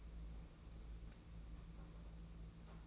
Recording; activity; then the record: daily activity, microphone in the room; place on stove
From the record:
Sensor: 1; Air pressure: 991.9 hPa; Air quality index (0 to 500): 216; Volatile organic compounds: 1000 ppm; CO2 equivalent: 8420 ppm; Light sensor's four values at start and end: 21/75/29/29 and 21/75/29/29